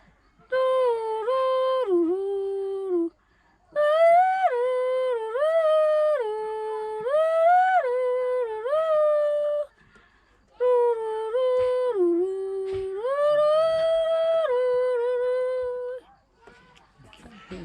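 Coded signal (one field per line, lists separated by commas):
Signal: whistled language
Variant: Kongthong jingrwai lawbei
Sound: three hummed melodic phrases with rising and falling steps, voice-like tone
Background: small room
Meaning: A person's name, Few Star, called as a tune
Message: Few Star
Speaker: his name Few Star. Field Star. Few Star. Few Star Where.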